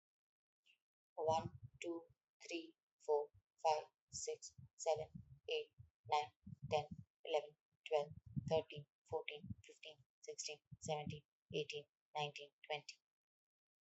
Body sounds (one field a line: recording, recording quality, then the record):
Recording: counting at a normal pace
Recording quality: excellent, no background noise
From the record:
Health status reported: healthy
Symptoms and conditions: none ticked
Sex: female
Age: 42 years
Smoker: not ticked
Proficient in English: yes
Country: India